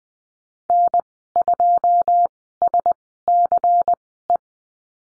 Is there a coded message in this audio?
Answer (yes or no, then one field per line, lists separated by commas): yes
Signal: Morse code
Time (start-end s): 0.7-4.4 s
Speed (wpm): 20 wpm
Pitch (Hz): 700 Hz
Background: none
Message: N2SCE